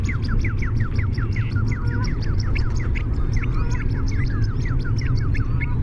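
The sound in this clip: Bird chirps, a dense flock of overlapping short downslurred notes repeated rapidly throughout, over a steady low rumble.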